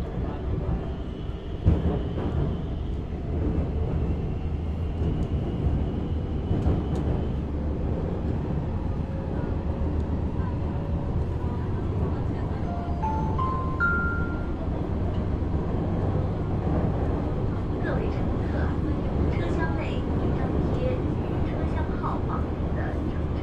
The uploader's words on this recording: Cooling in Metro, Shenzhen. 深圳地铁冷气开得很足. 那天下午三四点的样子，我从地铁 1 号线鲤鱼门站上车. 地铁里没什么人，很干净，很凉快，然后录下了这段音频。